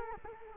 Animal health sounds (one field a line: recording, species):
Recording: mosquito wingbeat signal from an infrared sensor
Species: Culex quinquefasciatus